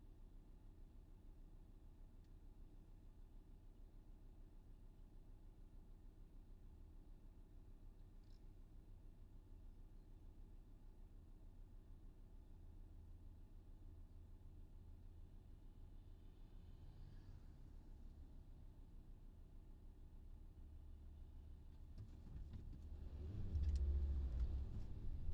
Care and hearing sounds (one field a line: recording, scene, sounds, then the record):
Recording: everyday scene through a hearing-aid microphone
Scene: in a vehicle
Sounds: engine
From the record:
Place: VW T5 Caravelle, diesel engine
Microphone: in the ear canal, left